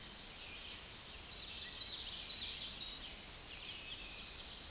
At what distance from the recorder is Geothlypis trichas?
about 40 m